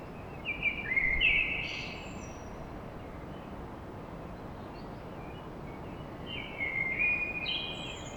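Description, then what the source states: Common blackbird song: a full warbled phrase with a squeaky flourish, a pause, then another fluting phrase, with constant low background noise. Song recorded at dawn in Paris.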